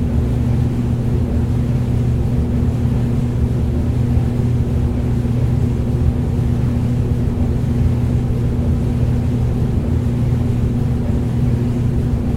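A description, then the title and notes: A clothes dryer runs with a steady, low motor hum and rumble, unchanging throughout, with a soft whir above and no distinct tumbling thumps. The gentle hum and rhythmic melody of dryer noise. The gentle whir of the dryer's motor creates a comforting background noise.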